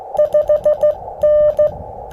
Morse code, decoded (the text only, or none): 5N